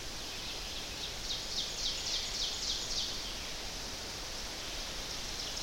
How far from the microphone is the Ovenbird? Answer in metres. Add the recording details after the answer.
about 65 m. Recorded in boreal forest in Alberta, Canada, on 10 June 2016 at 08:19. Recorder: SongMeter 3, array SBT-3-39. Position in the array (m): 234 m, 147 m. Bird 17